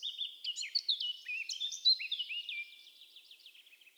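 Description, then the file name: Eurasian blackcap song: a loud, hurried warble of varied high notes for about two and a half seconds, then fading into quieter twittering. "Sylvia atricapilla"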